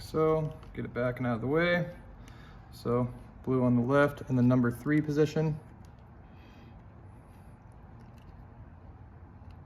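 A man talks while handling the blue wire's crimped metal terminal at position three of a plastic fuel pump connector housing for a KTM, Husqvarna or GasGas. Faint handling noise follows, and the terminal has not seated or clicked into the housing yet.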